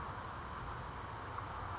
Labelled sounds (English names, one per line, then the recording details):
California Towhee
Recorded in Sonoma County, California